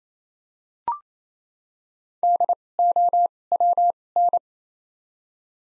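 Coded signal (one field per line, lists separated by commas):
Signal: Morse code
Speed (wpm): 28 wpm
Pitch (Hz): 700 Hz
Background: none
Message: DOWN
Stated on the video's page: Top 100 words practice at 28 wpm with doubled character spacing (Farnsworth timing).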